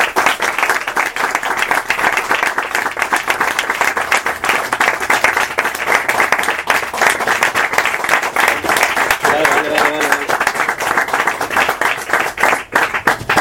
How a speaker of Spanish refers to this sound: Un aplauso.